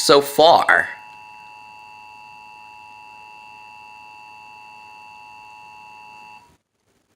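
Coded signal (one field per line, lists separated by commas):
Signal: Emergency Alert System (SAME) tones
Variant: 853 and 960 Hz attention tone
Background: speech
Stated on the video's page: Real 2017 National Periodic Test EAS alert recorded off five TV stations on DIRECTV, one Spanish-language.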